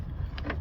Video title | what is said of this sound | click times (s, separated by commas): How to install Nilight 9005 HB3 LED Headlight Bulb | sure the tabs align correctly and then turn to lock it into place | 0.4 s, 0.5 s